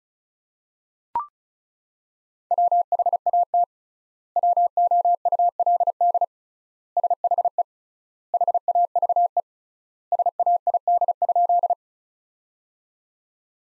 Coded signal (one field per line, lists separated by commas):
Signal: Morse code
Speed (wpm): 36 wpm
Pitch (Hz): 700 Hz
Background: none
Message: WHAT WOULD SHE HAVE SAID?